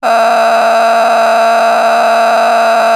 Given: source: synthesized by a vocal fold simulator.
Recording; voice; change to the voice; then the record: sustained vowel; female; a random mix of aspiration noise, stiffness perturbation and strain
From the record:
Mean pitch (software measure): 228 Hz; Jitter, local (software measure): 4.22%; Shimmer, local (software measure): 9.9%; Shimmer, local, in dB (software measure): 0.92 dB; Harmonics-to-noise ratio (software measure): 8.3 dB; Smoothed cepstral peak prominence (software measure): 9.6 dB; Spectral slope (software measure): -16.8 dB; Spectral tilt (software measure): -9.2 dB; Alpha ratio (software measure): -7.3 dB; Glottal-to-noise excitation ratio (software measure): 0.904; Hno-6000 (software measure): 1.7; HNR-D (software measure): 29.4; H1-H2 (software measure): -3.1 dB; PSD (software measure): 1.8e-03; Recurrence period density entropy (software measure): 0.127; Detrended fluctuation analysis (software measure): 0.0105